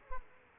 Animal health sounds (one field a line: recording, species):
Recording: mosquito wingbeat signal from an infrared sensor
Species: Aedes aegypti